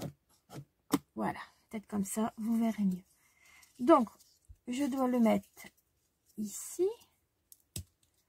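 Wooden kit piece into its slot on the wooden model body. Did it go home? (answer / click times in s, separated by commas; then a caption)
yes / 7.5 s, 7.8 s. A wooden kit piece is pushed into its slot on a wooden model body while someone talks. Sharp clicks sound at 7.5 and 7.8 seconds as the piece snaps into place, and it is confirmed properly engaged.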